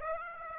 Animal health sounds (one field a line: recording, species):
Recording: mosquito wingbeat signal from an infrared sensor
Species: Aedes aegypti